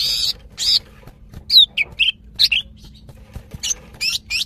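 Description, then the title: Greater green leafbird calls: raspy bursts mixed with clearer whistled notes, delivered irregularly with short pauses between groups. Female calling a male, described as highly vocal (gacor hiper). "CUCAK IJO BETINA GACOR HIPER MEMANGGIL JANTAN"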